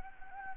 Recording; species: mosquito wingbeat signal from an infrared sensor; Anopheles gambiae